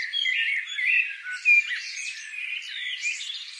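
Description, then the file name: Eurasian blackbird producing rough, scratchy squawking notes with one sharp, louder note midway through a brief, busy passage. "Turdus merula"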